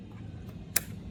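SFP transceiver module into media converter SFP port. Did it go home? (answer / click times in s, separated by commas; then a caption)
yes / 0.8 s. An SFP fiber transceiver module is slid into the SFP port of a media converter while the power is off. A single sharp click sounds at 0.8 s over a low background hum, and the module is seated and locked in place.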